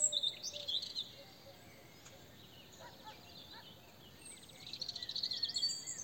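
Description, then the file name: European robin singing high, sweet, jumbled phrases of trills and slurred whistles, a burst at the start and another richer one near the end, separated by quieter notes. "Erithacus rubecula"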